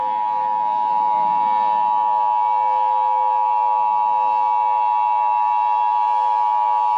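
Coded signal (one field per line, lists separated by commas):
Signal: Emergency Alert System (SAME) tones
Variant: 853 and 960 Hz attention tone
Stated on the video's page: Fictional analog-horror EAS scenario about a failed weather-control experiment.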